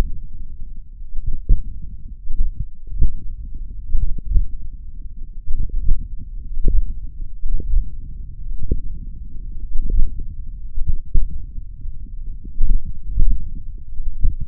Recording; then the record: forearm muscle sounds (acoustic myography)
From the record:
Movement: hand closing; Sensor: system 1, eight BSWA MPA416 microphones around the upper forearm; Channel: 8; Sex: male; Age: 42 years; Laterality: right